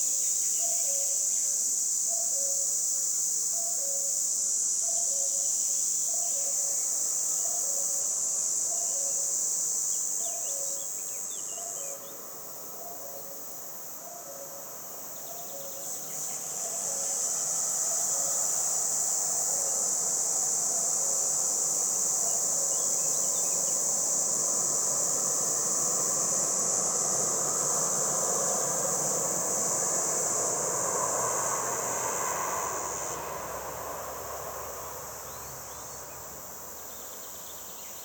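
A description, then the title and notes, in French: A cicada buzzes in a high, steady hiss that breaks off around ten seconds, returns hesitantly, then swells to full strength from about sixteen to thirty-three seconds. Early on, a quick regular chirping pulses beneath it, while a low road hum and passing traffic are heard. LA CIGALE DITE "ROUGE". Route de Chatillon en diois - 11h10 - NagraLB - mkh20 omni. L'ambiance estivale au bord de la route entre Luc et Chatillon en diois. Le début du chant est hésitant ce qui caractérise le chant de cette cigale ensuite elle développe toute la puissance de sa cymbalisation.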